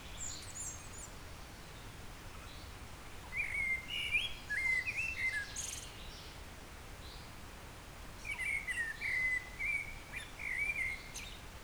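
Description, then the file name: Eurasian blackbird song: a relaxed, fluty warble followed after a gap by a second lilting phrase with faint high twittering. "Turdus merula"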